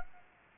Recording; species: mosquito wingbeat signal from an infrared sensor; Anopheles gambiae